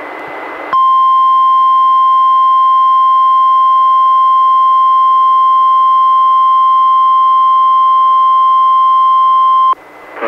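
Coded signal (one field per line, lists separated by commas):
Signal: Emergency Alert System (SAME) tones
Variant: 1050 Hz attention tone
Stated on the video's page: NWR required weekly test relayed by a weather radio station, recorded from a Reecom R-1630 weather radio through a Zoom H1 recorder.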